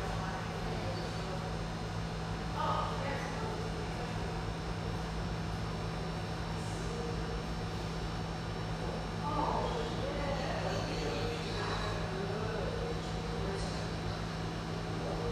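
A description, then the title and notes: A café hums with a steady low drone, likely machinery or ventilation, holding a constant deep tone throughout. Indistinct voices murmur in the background, with brief clearer bursts of speech around three, ten and twelve seconds, and faint clinks scattered between. Vancouver, Washington. The last days of summer are here! The pleasant hum in this lovely espresso house near the Vancouver riverfront.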